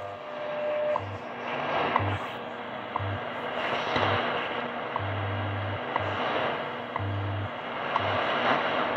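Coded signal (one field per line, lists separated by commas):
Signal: radio time signal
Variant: WWV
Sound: sharp tick every second over hiss, a low hum pulsing in varying lengths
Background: radio static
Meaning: Each tick marks one second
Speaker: a good signal tonight from WWV and Boulder Colorado on ten megahertz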